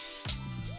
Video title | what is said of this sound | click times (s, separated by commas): Transformers LEGACY DELUXE DRAGSTRIP Review - HASBRO May be On it Finally....[4K] | and slide it down you hear it click | 0.3 s